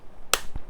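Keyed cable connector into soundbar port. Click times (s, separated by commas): 0.3 s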